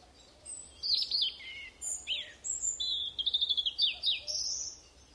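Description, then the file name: European robin song: a flowing series of high warbles and slides, with a fast run of repeated ticking notes near the middle of the phrase. "Erithacus rubecula"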